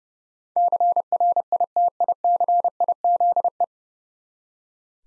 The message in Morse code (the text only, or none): CRITICIZE